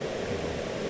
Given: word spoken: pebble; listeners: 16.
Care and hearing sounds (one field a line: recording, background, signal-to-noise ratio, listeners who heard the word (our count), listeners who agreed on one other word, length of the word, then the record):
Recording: one English word in noise, from a listening test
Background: speech-shaped noise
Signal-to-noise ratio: -6.1 dB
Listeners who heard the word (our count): 0 of 16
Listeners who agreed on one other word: 7 of 16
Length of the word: 0.50 s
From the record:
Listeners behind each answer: 7, 2, 1, 1, 1, 1, 1, 1, 1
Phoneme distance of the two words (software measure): 27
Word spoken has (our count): 2 syllables, 4 phonemes, stress on syllable 1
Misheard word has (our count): 1 syllable, 3 phonemes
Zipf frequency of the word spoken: 3.36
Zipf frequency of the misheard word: 5.29